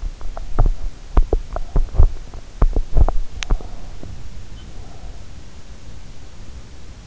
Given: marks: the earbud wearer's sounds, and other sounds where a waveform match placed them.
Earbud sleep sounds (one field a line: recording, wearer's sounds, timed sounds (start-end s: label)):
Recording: sounds in sleep by an in-ear microphone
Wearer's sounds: teeth grinding, breath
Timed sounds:
0.08-4.00 s: teeth grinding
3.52-5.47 s: breath